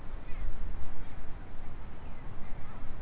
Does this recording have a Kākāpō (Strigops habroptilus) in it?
no